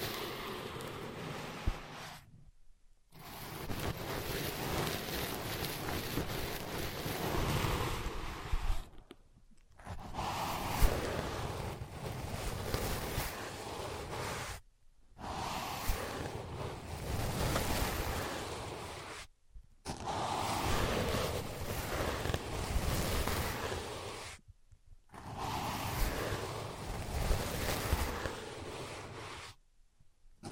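Ear pads are scratched, tapped and traced, making a dense, steady rushing and rustling sound with small crackles. The noise comes in stretches of about four to six seconds, each broken by a short silence, near 2, 9, 15, 19, 25 and 30 seconds.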